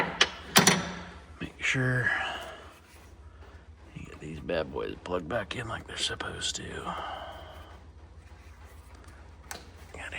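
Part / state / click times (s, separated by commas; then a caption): wiring connector into its mating plug on a skid loader engine / seated / 9.5 s. A wiring connector is plugged back into its mating plug on a Bobcat T76 skid loader engine while the block heater is being reinstalled, and someone talks over the work. A sharp click at 9.5 s shows the plastic connector has locked in, and everything is confirmed seated and good.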